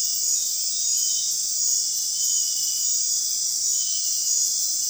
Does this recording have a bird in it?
no